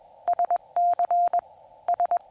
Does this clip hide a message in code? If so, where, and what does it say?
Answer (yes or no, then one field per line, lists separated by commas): yes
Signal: Morse code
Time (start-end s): 0.3-2.2 s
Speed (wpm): 21 wpm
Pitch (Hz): 700 Hz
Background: none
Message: SC S